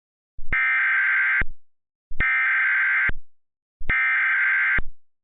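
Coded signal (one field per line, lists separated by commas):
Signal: Emergency Alert System (SAME) tones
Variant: header bursts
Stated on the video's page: Remade, simulated EAS tornado warning tones.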